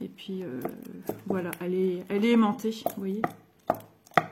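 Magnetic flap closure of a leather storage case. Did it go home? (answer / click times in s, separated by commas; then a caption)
yes / 4.2 s. Someone talks while closing the magnet-held flap of a leather glasses/storage case. The magnetic flap snaps shut with a small, sharp click at 4.2 s, and the case is closed.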